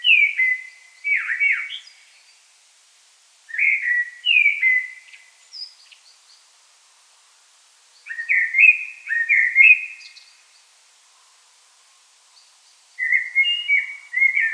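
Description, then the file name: Common blackbird singing four bouts of loud, flute-like warbles with short twittering flourishes, separated by brief pauses; faint higher notes in the background. "Turdus merula"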